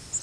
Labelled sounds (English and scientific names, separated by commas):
Yellow Warbler (Setophaga petechia) flight call